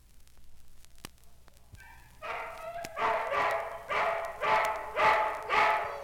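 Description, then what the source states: Dog barking steadily about twice a second after a quiet start, each bark harsh and even in loudness. Dogs at a dog pound.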